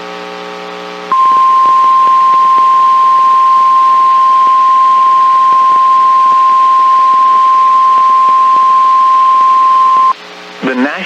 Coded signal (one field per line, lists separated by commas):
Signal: Emergency Alert System (SAME) tones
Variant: 1050 Hz attention tone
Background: speech